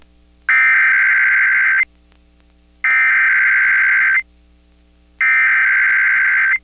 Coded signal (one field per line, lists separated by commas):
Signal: Emergency Alert System (SAME) tones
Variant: header bursts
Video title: Maryland 2025 Tornado Drill on WXCY-FM [EAS #1,945]